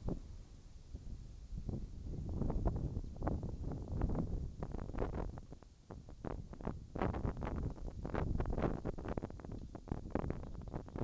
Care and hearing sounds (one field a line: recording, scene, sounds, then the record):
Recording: everyday scene through a hearing-aid microphone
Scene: wind on the microphone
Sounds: wind, whistling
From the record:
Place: in front of a rural house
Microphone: in the ear canal, left